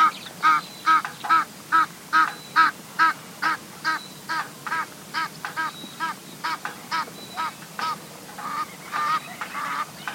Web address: cieacasadecampo. ganso del Nilo